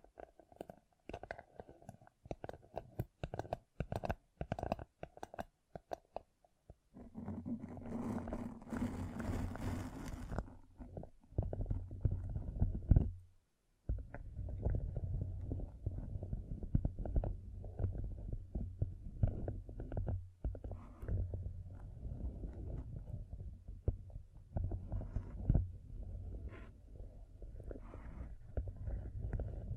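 Fingertips tap and scratch close to the microphone, starting with quick, dense clicking taps for the first seven seconds. After that, a low rumbling scratching takes over and runs nearly continuously, broken by a brief silence around thirteen seconds and small dips later.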